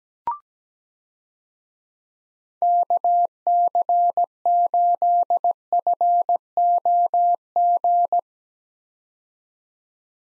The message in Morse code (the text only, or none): KC8FOG